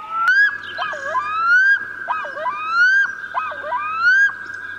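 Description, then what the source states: Black-throated Loon wailing call: clear tonal notes that dip, then glide upward, repeated three times, with a faint low hum beneath. Recently arrived bird found on inland lakes, including lakes in Tyresö.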